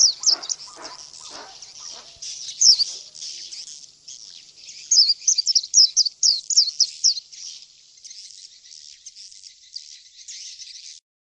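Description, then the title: Oriental magpie-robin song, a dense run of high, quick chattering and trilled notes that swells mid-phrase then fades into a thin, continuous twitter. "Kicau Kacer"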